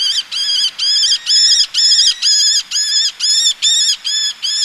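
Eleonora's falcon calling loudly, a strong rhythmic series of harsh, nasal notes, about two per second, each short and evenly spaced.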